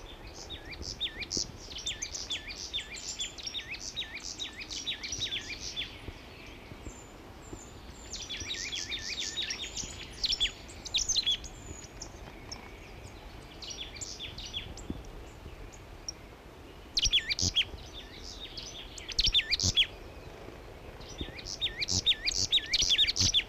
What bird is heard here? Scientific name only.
Poecile palustris